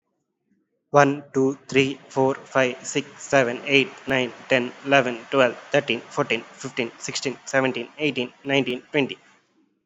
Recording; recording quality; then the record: counting at a fast pace; excellent, no background noise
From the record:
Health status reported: recovered from COVID-19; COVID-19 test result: positive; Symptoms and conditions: none ticked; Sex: male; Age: 25 years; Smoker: not ticked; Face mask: not worn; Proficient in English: yes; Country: India